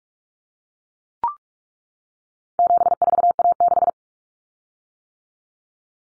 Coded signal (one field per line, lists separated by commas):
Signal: Morse code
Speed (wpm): 44 wpm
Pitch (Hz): 700 Hz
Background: none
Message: 74A6